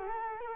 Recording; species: mosquito wingbeat signal from an infrared sensor; Culex quinquefasciatus